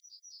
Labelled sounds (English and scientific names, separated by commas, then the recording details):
Yellowhammer (Emberiza citrinella) song
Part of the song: start
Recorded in the Czech Republic on 27 June 2014
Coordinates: 49.861, 13.836
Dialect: XlB
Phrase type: F19
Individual h014